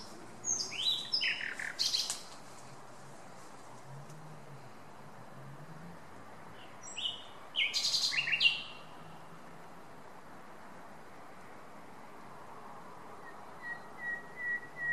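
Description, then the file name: Common nightingale song phrases: two varied bursts several seconds apart, separated by quiet with a low hum, and faint thin whistled notes near the end. "Luscinia megarhynchos"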